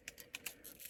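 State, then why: Not seated. A plastic panel is handled against the body of a Transformers Kingdom War for Cybertron Trilogy Galvatron action figure, giving short, sharp plastic ticks at about 0.1, 0.3 and 0.5 s over faint rustling. Nothing has seated or clicked yet; the part is not yet home when the clip ends.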